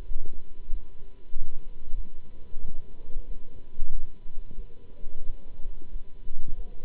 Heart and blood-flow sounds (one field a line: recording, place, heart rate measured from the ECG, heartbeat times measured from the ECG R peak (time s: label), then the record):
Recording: heart sounds by stethoscope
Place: between the tricuspid and mitral areas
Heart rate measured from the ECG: 92 bpm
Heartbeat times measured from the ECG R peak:
0.05 s: heartbeat
0.69 s: heartbeat
1.32 s: heartbeat
1.94 s: heartbeat
2.59 s: heartbeat
3.26 s: heartbeat
3.90 s: heartbeat
4.55 s: heartbeat
5.24 s: heartbeat
5.90 s: heartbeat
6.54 s: heartbeat
From the record:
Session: Bruce protocol treadmill stress test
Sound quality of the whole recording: good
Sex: male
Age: 26 years